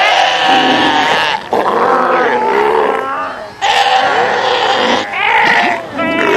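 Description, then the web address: South American sea lion calls, loud harmonic bleating wails in long overlapping bursts with short gaps, a crowded colony chorus. "earth naturelibrary assets s so south american sea lion"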